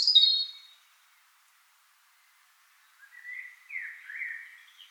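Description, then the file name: European robin: a short, high bright note burst, a pause of silence, then a quieter phrase of lower sliding whistles. "Erithacus rubecula"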